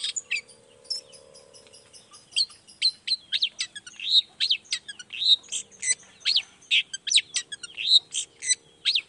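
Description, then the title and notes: Long-tailed shrike song, a dense jumble of quick high chirps, squeaks and trills mixed together, over a soft low hum. Long-tailed shrike in full song (gacor) in the morning, singing the 'toet toet' variation; said to prompt other shrikes to answer. "Cendet Gacor Dor Di Kala Pagi Toet Toet Variasi Suara. Burung cendet"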